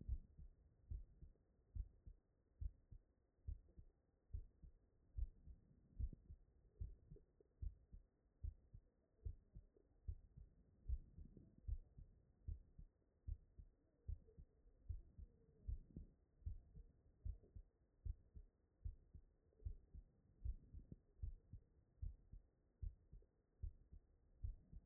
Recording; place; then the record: heart sounds by stethoscope; tricuspid valve (TV)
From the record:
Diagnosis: non-HFrEF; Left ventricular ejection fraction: 69%